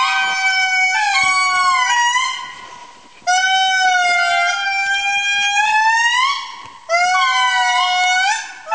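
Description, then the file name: Indri wailing song: long, loud, sustained tonal notes that swoop and rise in pitch, several drawn-out phrases with brief pauses between them. "Roep Indri Indri"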